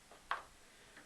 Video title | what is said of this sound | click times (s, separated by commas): Husqvarna 350 rebuild part 5. The oil pump and drive, clutch, and exhaust. | that one just goes on there and clicks locks in place top | 0.3 s